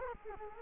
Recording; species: mosquito wingbeat signal from an infrared sensor; Culex quinquefasciatus